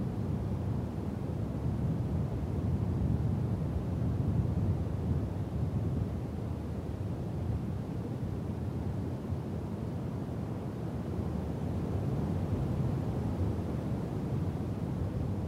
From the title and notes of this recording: Windy Ambience.